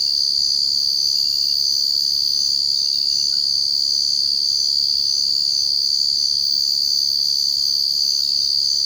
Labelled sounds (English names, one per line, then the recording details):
none
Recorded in secondary vegetation near Puerto Asís, Putumayo, Colombia, on 21 March 2025 at 04:30
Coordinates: 0.488, -76.319
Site G095